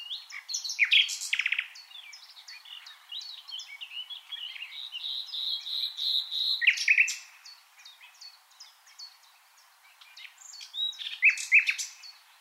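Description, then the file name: Common nightingale song: harsh opening notes, a smooth whistled run of even tones, then rattling bursts, with softer high notes throughout. "Luscinia megarhynchos"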